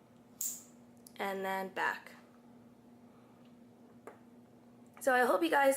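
A bolt-action pen, the tiny EDC Move Pen, has its bolt pulled down left-handed, and it clicks sharply into its metal detent notch at 0.4 s, locking in the open writing position. Someone then talks over a low steady hum, with a few faint ticks at 1.1 s and 4.1 s before the talking resumes.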